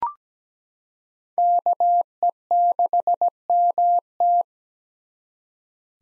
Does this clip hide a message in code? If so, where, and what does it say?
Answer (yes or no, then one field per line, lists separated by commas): yes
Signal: Morse code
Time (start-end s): 1.4-4.4 s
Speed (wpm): 17 wpm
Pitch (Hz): 700 Hz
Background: none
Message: KE6MT